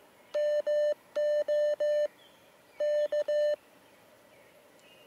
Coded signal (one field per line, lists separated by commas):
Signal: Morse code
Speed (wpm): 15 wpm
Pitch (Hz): 590 Hz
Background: none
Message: MO K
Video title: Antenna Tree Throw Line Water Bottle | Chameleon MPAS QRP Contacts